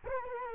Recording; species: mosquito wingbeat signal from an infrared sensor; Culex quinquefasciatus